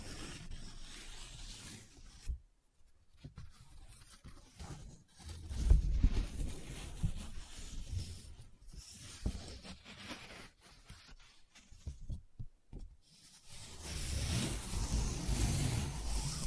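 Paper being handled with folding, rubbing and crinkling in uneven bursts, silent gaps near 2–3 and 12 seconds, and louder scratchy rubbing at the end.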